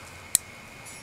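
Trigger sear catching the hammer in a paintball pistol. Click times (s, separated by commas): 0.4 s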